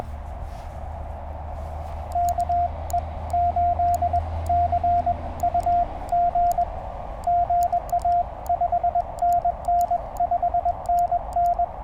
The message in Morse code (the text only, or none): KE8CUG GA 5NN 5NN